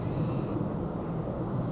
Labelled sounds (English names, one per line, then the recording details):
Blue-gray Gnatcatcher
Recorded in Sonoma County, California